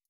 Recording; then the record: hydrophone in a shrimp aquaculture tank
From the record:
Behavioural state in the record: stressed